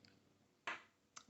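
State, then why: Released. A piston knob on a piston-filler fountain pen is pulled so it pops out of the pen barrel for twisting, with a sharp, strong click at 0.7 s as the knob releases. A faint tick comes just before it at 0.1 s and a second short click at 1.2 s. The knob is released and out.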